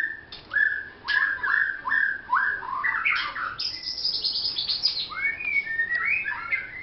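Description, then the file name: White-rumped shama song, rich whistled phrases rising and falling, followed by a rapid high trill and swooping notes near the end. Vietnam. "shama vietnam omkicau"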